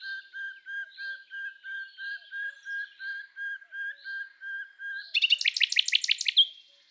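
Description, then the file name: Common Nightingale song: a long series of level, piping whistles, about two each second, followed by a sudden rapid, rattling trill of sharp notes that ends abruptly. "Luscinia megarhynchos"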